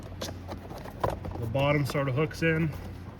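A plastic trim cover is hooked in at the bottom onto the door panel of a 2000-2026 Ford F150 front door, making a few short plastic taps and knocks around 0.9 to 1.3 seconds while someone talks. Nothing has seated or clicked yet; the cover is not yet snapped home.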